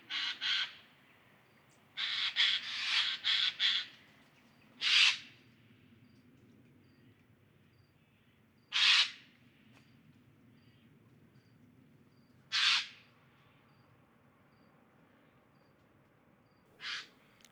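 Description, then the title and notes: Eurasian jay harsh screeches, stuttering clusters early then single rasping calls spaced several seconds apart. October 2019; jays from northern Europe arriving across the country in large numbers after poor oak fruiting in Scandinavia and probably good breeding; an ambience of varied calls of the species. "sonothèque Fernand DEROUSSEN. Geai des chênes (Garrulus glandarius)"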